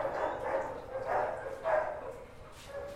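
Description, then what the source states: Dogs barking in uneven bursts over steady background noise. Dogs in kennel boxes at an animal shelter, recorded during a tour of the kennels.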